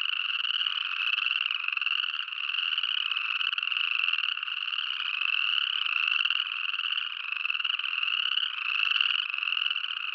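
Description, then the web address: Western Chorus Frog calls: rapid, rasping pulsed trills run together into a steady, unbroken sound throughout. Western North America. "Dan Gibson Wildlife Identification By Sound, Western North America. Western Chorus Frog"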